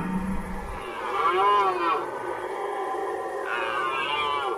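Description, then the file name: Red deer roar, a drawn-out moaning bellow rising and falling, followed by a second bellow near the end. Red deer roaring during the rut. "rykowisko"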